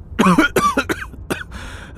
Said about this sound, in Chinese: 司机师傅拿起了水杯喝了口水，冷不防的听见这句话，直接一口就喷在了前面的风挡玻璃上。司机师傅咳嗽了几声，偷偷的从后视镜看了两人一眼，又欲盖弥彰的咳嗽几声，还不忘大声的自言自语。